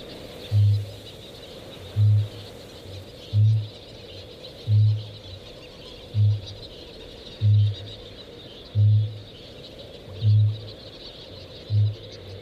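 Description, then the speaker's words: Kākāpō booming, a series of deep, resonant low pulses spaced about every one and a half seconds, with faint high hiss in the background. Booming of the male; nocturnal giant flightless parrot. "the booming of the male kākāpō is a little bit like the heartbeat of the land."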